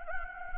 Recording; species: mosquito wingbeat signal from an infrared sensor; Anopheles gambiae